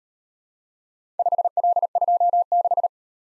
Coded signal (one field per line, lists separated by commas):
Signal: Morse code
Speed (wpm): 38 wpm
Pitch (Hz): 700 Hz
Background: none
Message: 5L26